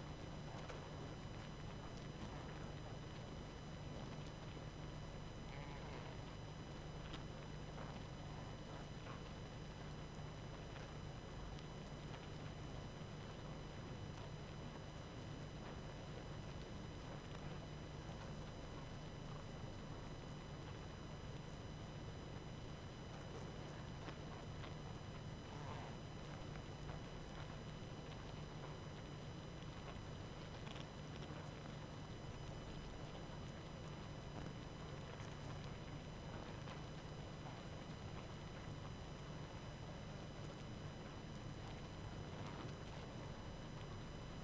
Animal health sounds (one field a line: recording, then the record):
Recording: honeybee colony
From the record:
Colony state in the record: active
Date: 12 June 2018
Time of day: 20:43